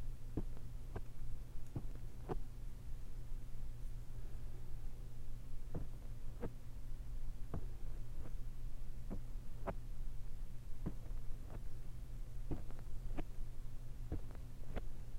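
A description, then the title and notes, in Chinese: A fork pokes and taps against a surface in short, sharp clicks, arriving irregularly about once or twice a second. Beneath them runs a steady low hum that never changes, like an appliance or engine droning throughout. 叉子/戳&抓。叉子 ASMR。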